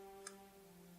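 A plastic model kit piece for the wing assembly of an MG Wing Gundam XXXG-01W EW is pressed together, giving a single small tick at 0.3 s over a steady low hum. The piece is only partly seated and will need more pressing.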